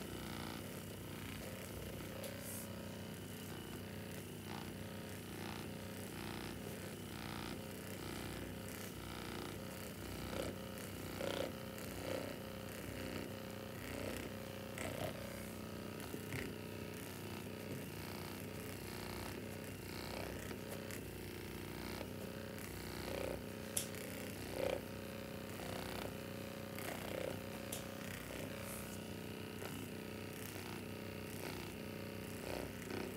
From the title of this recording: Spa full body massage with massager